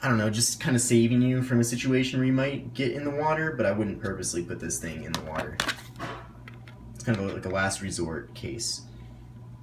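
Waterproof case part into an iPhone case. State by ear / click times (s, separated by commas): not seated / none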